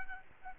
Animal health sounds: mosquito wingbeat signal from an infrared sensor; Aedes albopictus

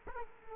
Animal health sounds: mosquito wingbeat signal from an infrared sensor; Culex quinquefasciatus

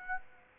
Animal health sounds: mosquito wingbeat signal from an infrared sensor; Aedes aegypti

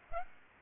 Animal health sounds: mosquito wingbeat signal from an infrared sensor; Aedes aegypti

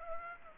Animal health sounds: mosquito wingbeat signal from an infrared sensor; Aedes aegypti

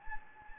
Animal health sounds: mosquito wingbeat signal from an infrared sensor; Anopheles gambiae

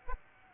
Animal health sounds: mosquito wingbeat signal from an infrared sensor; Aedes aegypti

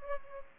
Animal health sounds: mosquito wingbeat signal from an infrared sensor; Aedes aegypti

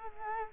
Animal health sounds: mosquito wingbeat signal from an infrared sensor; Culex quinquefasciatus

